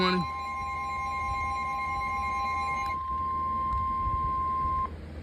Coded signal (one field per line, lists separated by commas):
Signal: Emergency Alert System (SAME) tones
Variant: 1050 Hz attention tone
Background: speech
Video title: (LATE UPLOAD)EAS#45 special marine warning